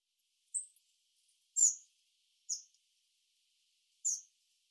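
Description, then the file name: Eurasian blue tit giving four isolated, very high, thin call notes against a quiet background. "Cyanistes caeruleus"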